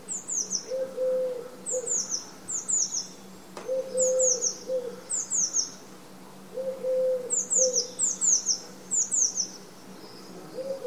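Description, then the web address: Bird calls: bursts of three very high, thin, downslurred chirps repeat every second or two, alternating with steady low whistled notes, over a faint constant hum. "Bird Only"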